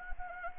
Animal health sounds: mosquito wingbeat signal from an infrared sensor; Anopheles arabiensis

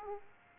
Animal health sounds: mosquito wingbeat signal from an infrared sensor; Aedes aegypti

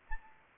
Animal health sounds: mosquito wingbeat signal from an infrared sensor; Anopheles arabiensis

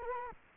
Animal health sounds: mosquito wingbeat signal from an infrared sensor; Culex quinquefasciatus

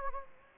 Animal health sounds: mosquito wingbeat signal from an infrared sensor; Anopheles gambiae

